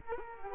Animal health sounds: mosquito wingbeat signal from an infrared sensor; Culex quinquefasciatus

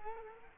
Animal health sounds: mosquito wingbeat signal from an infrared sensor; Culex quinquefasciatus

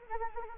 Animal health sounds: mosquito wingbeat signal from an infrared sensor; Anopheles arabiensis

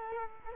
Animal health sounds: mosquito wingbeat signal from an infrared sensor; Culex quinquefasciatus

